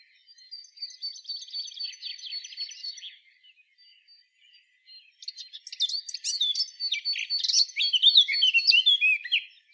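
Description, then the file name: Eurasian blackcap gives a soft, rapid chattering phrase, pauses for about two seconds, then returns with a louder, more varied warble. "Sylvia atricapilla"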